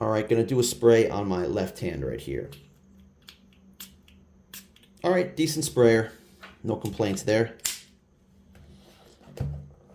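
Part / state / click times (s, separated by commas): cap onto a perfume bottle / seated / 9.4 s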